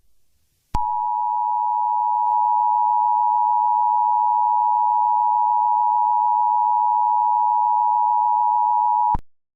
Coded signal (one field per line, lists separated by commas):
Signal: Emergency Alert System (SAME) tones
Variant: 853 and 960 Hz attention tone